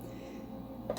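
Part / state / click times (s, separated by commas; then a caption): lid onto ice cream maker outer bowl / not seated / none. A plastic lid is handled over the pint container's outer bowl of an ice cream maker, ahead of being locked with its clip. A low steady hum runs throughout, with a brief handling bump near 0.9 s. The lid has not seated or clicked yet.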